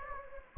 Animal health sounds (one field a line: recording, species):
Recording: mosquito wingbeat signal from an infrared sensor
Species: Anopheles gambiae